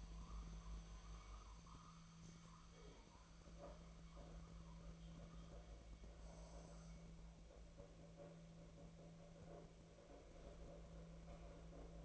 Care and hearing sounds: daily activity, microphone in the room; make coffee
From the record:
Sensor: 1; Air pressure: 1009.3 hPa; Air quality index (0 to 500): 195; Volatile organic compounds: 19 ppm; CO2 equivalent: 2671 ppm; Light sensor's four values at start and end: 29/73/30/36 and 29/73/30/36

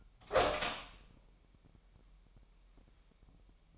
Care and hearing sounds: daily activity, microphone in the room; open door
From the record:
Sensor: 1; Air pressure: 998.4 hPa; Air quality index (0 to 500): 132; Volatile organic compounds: 4 ppm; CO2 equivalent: 1576 ppm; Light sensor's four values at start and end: 19/61/25/25 and 18/61/24/25

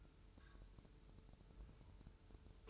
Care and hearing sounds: daily activity, microphone in the room; take from stove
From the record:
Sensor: 2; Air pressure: 988.1 hPa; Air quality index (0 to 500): 191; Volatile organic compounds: 186 ppm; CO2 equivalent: 4166 ppm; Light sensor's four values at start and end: 21/70/27/26 and 21/70/27/26

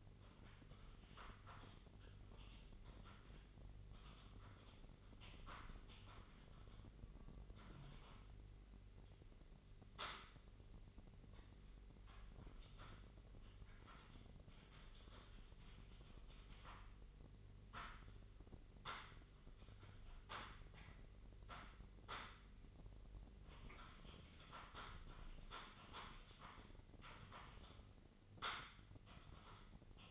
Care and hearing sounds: daily activity, microphone in the room; typing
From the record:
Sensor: 4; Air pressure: 1008.4 hPa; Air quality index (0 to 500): 82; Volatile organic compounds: 1 ppm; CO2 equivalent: 652 ppm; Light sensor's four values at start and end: 17/38/16/16 and 16/37/15/15

